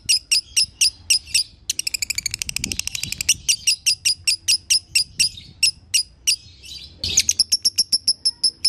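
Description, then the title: Lovebird chattering song: long runs of sharp, high, clicking chirps repeated rapidly, broken by short pauses and one denser burst of faster notes. Training recording for tutoring lovebirds; song style called konslet. "Masteran Lovebird Konslet"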